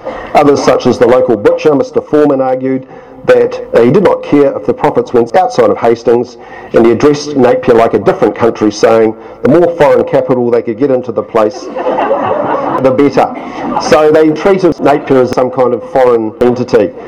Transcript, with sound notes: Others such as the local butcher Mr Forman argued, “that they did not care if the profits went outside of Hastings”, and he addressed Napier like a different country, saying, “the more foreign capital they could get into the place”, [laughter] “the better.” So they treated Napier as some kind of foreign entity.